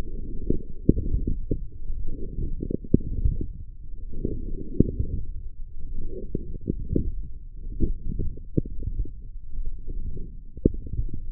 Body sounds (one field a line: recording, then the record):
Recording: forearm muscle sounds (acoustic myography)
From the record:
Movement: forearm pronation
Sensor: system 1, eight BSWA MPA416 microphones around the upper forearm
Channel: 5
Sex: female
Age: 22 years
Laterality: right